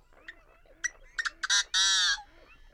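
Birds calling, soft low honks and a few sharp clicks, then two loud harsh screeches in quick succession.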